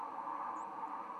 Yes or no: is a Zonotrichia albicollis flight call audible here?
no